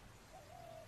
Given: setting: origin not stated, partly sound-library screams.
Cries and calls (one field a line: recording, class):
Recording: one-second piece from a danger detection set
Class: normal situation